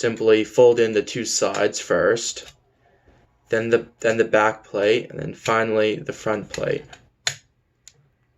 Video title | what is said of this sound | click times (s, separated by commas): Loading the Lubitel TLR Camera | you push it down until you hear a click | 7.3 s